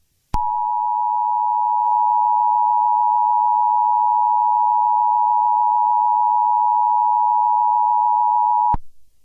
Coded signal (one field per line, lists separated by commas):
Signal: Emergency Alert System (SAME) tones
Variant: 853 and 960 Hz attention tone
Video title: EAS scenario: moon (TEASER)